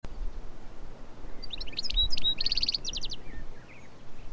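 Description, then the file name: European goldfinch giving quick liquid twitters that run into a fast, even trill of clipped notes and a short buzzy burst, followed by a few faint chirps against steady low noise. "Carduelis carduelis"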